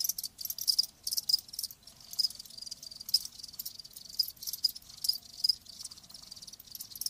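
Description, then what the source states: Crickets chirping in high, pulsing bursts, a dense shimmering chorus broken by short gaps. Live crickets chirping, a lulling song.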